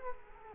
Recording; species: mosquito wingbeat signal from an infrared sensor; Culex quinquefasciatus